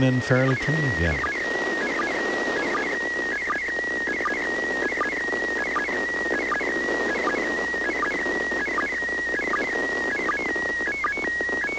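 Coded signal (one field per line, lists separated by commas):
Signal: SSTV (slow-scan television)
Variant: PD 180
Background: speech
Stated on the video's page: SSTV from the ISS.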